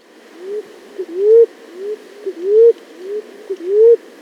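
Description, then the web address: Maroon-chested ground dove call: low rising hooted notes, each preceded by a short soft note, repeated about every 1.3 seconds, three times. Recorded in Ecuador, South America. "Natures Songs S America Birds of Ecuador Maroon-Chested Ground Dove"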